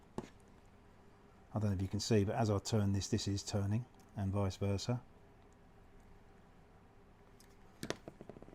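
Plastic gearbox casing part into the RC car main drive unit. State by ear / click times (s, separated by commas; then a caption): seated / 7.8 s, 7.9 s. Someone talks while assembling the main drive unit of an HPI Racing Venture 1/10 scale RC crawler kit, pressing a plastic gearbox casing part into the drive unit. Sharp clicks at 7.8 s and 7.9 s are followed by a few lighter taps. The casing snaps into place as it should.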